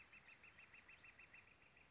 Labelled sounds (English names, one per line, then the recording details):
Northern Flicker
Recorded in Sonoma County, California